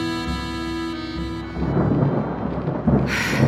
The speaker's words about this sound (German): Regen und Sturm.